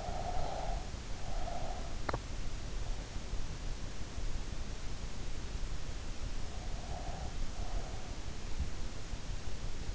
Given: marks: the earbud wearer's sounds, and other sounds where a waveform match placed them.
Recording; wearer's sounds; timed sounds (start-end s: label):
sounds in sleep by an in-ear microphone; breath
0.00-2.17 s: breath
6.25-8.48 s: breath